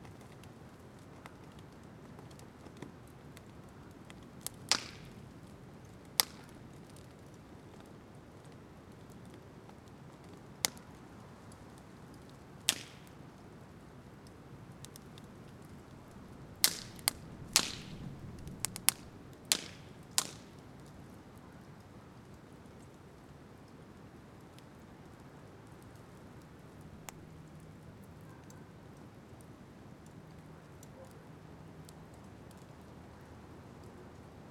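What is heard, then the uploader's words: A spring bonfire burns with a steady low roar and soft hiss underneath. Sharp, bright crackles and pops break through now and then, sparse at first, then bunched together around the middle before the fire settles back to its quieter steady burn. Spring Bonfire.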